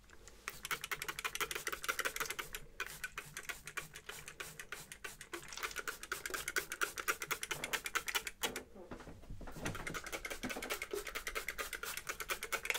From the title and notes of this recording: HAIRCUT Fast & Slow Scissors & Brushing (ASMR HAIRCUT ROLEPLAY).